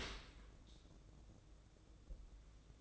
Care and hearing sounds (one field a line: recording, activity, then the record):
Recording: daily activity, microphone in the room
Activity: open dishwasher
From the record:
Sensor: 3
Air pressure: 1012.3 hPa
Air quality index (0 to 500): 162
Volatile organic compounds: 2 ppm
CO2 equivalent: 1245 ppm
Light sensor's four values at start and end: 479/1177/484/478 and 479/1177/484/478